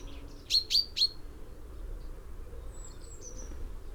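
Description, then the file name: Common chaffinch giving three sharp, clipped calls close together, followed by faint thin high notes over a steady background hiss. "Fringilla coelebs"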